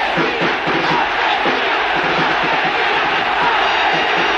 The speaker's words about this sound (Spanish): El presidente soportó una silbatina bien diferenciada del aplauso deportivo.